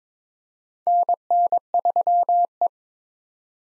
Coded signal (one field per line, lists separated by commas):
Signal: Morse code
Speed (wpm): 22 wpm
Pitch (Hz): 700 Hz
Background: none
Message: NN3E